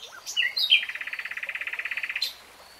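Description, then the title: Nightingale song: a few varied whistled notes leading into a quick, even series of about twenty identical pulsing notes, closing with a high sharp note. "[Tiếng chim hót] REALTIME Nightingale Singing"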